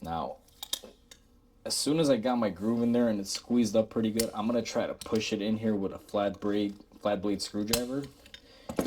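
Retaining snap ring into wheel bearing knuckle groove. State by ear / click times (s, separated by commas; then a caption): partly seated / 8.3 s, 8.7 s, 8.8 s. A steel retaining snap ring is squeezed and pushed with a flat blade screwdriver into the groove of a wheel bearing knuckle housing while someone talks. Sharp metallic clicks are heard at 8.3, 8.7 and 8.8 seconds, and the ring ends up partly pushed into the groove.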